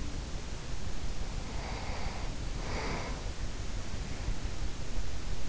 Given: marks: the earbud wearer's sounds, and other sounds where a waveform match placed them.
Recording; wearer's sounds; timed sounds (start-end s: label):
sounds in sleep by an in-ear microphone; breath
0.92-3.89 s: breath